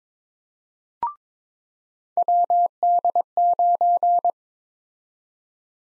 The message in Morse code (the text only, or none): WD9